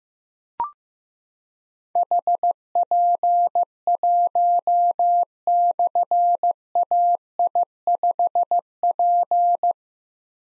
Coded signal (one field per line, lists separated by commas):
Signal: Morse code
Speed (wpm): 15 wpm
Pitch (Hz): 700 Hz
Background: none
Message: HP1/AI5P